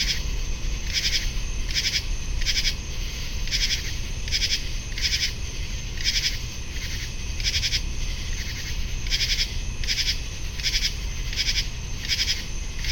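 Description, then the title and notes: Chorus of common true katydids giving harsh, rasping pulses in a rapid, regular rhythm a little faster than once a second, over a constant high cricket trill and low rumbling traffic. Many singing in chorus at 10:05 PM, July 23, 2015, 75 degrees, picnic grove beside west Dyke Marsh, Virginia; spring or fall crickets and car traffic in background; Fostex FR-2, Sennheiser ME-62, Telinga parabola. "Many Common True Katydids singing on July 23, 2015 at 10:05PM (75 degrees)in Picnic Grove of River Towers Condos alongside of west Dyke Marsh"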